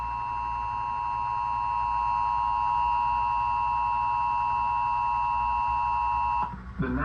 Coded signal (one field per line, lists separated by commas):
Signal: Emergency Alert System (SAME) tones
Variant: 853 and 960 Hz attention tone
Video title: Severe Thunderstorm Warning EAS on KWO35/NJ PBS (8/10/26)